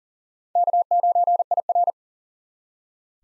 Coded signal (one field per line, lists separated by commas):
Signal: Morse code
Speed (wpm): 40 wpm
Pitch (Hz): 700 Hz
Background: none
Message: K9IR